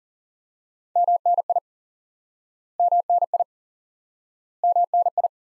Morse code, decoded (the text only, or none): MNI MNI MNI